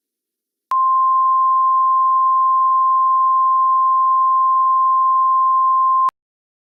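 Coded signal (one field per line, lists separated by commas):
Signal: Emergency Alert System (SAME) tones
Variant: 1050 Hz attention tone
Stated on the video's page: Extremely fictional EAS scenario.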